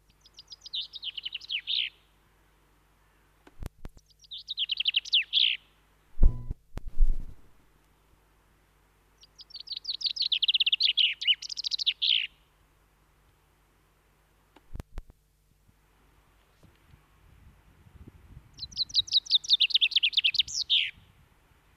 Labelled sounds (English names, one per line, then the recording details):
Common Chaffinch song
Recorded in the wild
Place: Garmisch-Partenkirchen, Bayern, DE
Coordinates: 47.4939, 11.0714
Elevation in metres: 745
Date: 1971-04-10
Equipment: Nagra IV, Sennheiser MKH 405
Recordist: Tretzel, Erwin
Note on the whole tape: Almhüttenaufgang, Garmisch-Partenkirchen: Gesang